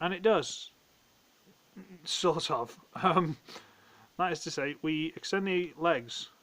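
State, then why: Not seated. Someone talks while handling a plastic transforming tortoise robot toy, starting to extend its legs. The joint has not clicked into its extended position yet, and nothing has seated.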